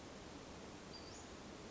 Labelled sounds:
Western Flycatcher
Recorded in Sonoma County, California

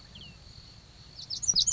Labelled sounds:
Pacific Wren
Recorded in Sonoma County, California

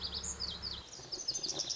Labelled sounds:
Lazuli Bunting
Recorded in Sonoma County, California

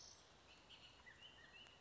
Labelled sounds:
Bullock's Oriole
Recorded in Sonoma County, California

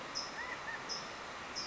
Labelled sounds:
California Towhee
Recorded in Sonoma County, California

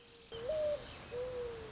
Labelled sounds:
Mourning Dove
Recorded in Sonoma County, California

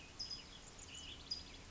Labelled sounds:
California Towhee
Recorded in Sonoma County, California

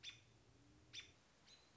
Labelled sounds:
American Robin
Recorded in Sonoma County, California

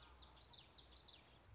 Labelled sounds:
Common Yellowthroat
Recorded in Sonoma County, California

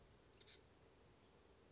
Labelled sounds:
Oak Titmouse
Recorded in Sonoma County, California

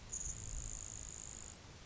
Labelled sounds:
Grasshopper Sparrow
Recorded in Sonoma County, California

